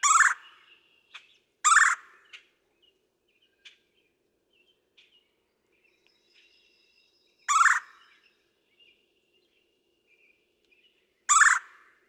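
Red-bellied woodpecker giving harsh rolling churr calls, four loud bursts at uneven intervals, with faint thin whistles from other birds between them.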